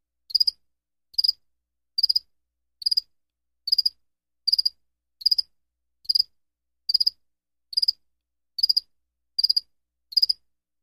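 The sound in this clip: Cricket chirps, each a fast run of a few pulses, repeated steadily about 74 times a minute with nothing else heard.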